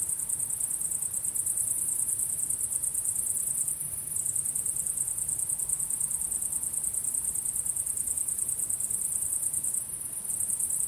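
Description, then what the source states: Cricket: steady chorus of chirping crickets, a high rapid pulse that dips for a moment around four seconds and again near the end. Recorded at sunset.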